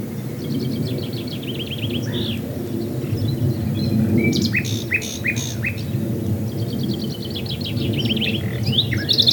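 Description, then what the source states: Common nightingale delivering rapid rattling trills, a run of loud repeated chirps mid-phrase, then another quick trill; strong low-pitched background noise. Swale.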